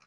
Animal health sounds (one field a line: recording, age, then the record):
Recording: pig call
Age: piglet (1 to 25 days)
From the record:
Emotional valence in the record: positive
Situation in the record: short reunion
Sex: male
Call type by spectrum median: low-frequency call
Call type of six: low-frequency tonal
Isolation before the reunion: 3 minutes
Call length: 0.07 s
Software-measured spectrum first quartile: 1227 Hz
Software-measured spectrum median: 2336 Hz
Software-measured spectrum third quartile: 3934 Hz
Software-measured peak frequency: 1291 Hz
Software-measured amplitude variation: 52 dB a second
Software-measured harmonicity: 0.5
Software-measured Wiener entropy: -1.31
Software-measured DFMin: 564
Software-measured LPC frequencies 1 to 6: 1278, 2422, 4152, 5059, 5527, 6328 Hz